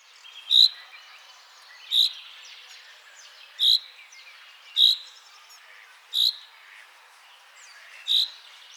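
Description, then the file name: Common chaffinch calls, short sharp high notes repeated at uneven intervals about every one to two seconds, six in all. "Fringilla coelebs"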